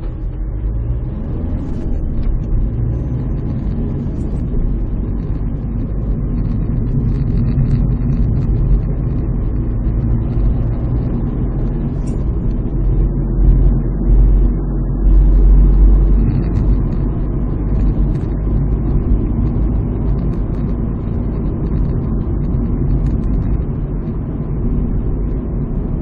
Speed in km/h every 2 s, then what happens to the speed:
20, 28, 39, 41, 40, 49, 50, 51, 55, 58, 58, 56, 53.
0-4 speeds up to 39. 8-18 speeds up to 58. 18-26 steady at about 56.